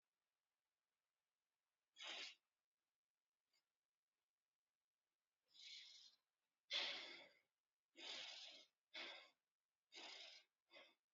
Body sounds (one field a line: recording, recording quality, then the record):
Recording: deep breathing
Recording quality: excellent, no background noise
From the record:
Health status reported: COVID-19 positive, moderate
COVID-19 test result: positive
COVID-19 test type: RT-PCR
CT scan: not taken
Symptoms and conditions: cold, breathing difficulty, sore throat, muscle pain, loss of smell and taste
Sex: female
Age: 22 years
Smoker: no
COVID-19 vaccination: both doses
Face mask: worn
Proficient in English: yes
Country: India